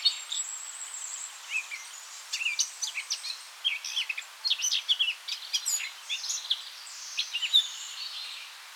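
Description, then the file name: Eurasian blackcap giving scattered bursts of quick, varied chirps and short warbled phrases with brief pauses between them. "Sylvia atricapilla"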